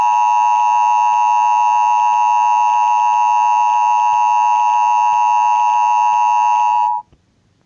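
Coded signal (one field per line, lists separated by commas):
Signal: Emergency Alert System (SAME) tones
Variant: 853 and 960 Hz attention tone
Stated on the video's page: Fictional EAS scenario.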